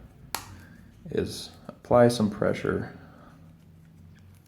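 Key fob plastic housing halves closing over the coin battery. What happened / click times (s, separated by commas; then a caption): The plastic housing halves snapped closed / 0.3 s. The two plastic halves of a 2015–2017 Dodge Viper key fob housing are pressed together over a freshly fitted CR2032 coin cell battery. A sharp snap at 0.35 s marks the shell seating closed, and then someone talks.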